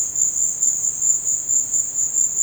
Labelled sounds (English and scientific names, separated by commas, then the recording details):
none
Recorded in dense forest near Puerto Asís, Putumayo, Colombia, on 19 March 2025 at 15:30
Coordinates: 0.481, -76.323
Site G088